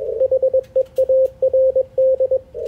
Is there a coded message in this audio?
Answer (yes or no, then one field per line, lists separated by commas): yes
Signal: Morse code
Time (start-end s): 0.2-2.4 s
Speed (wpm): 21 wpm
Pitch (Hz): 530 Hz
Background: radio noise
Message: HEARD